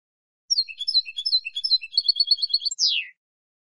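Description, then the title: European goldfinch song, a rapid liquid twitter of varied chirps running into a quick trill and finishing with a downward slurred note. "Jilguero"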